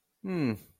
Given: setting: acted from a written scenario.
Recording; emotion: vocal sound without words; sympathy